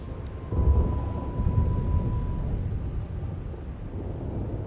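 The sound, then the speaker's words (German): A deep, sustained rumble of thunder rolls over a dense, steady wash of heavy rain, swelling after the first half-second and holding loud throughout, with no voices. “Es regnet in Strömen.”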